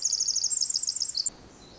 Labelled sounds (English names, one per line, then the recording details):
Pacific Wren
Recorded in Sonoma County, California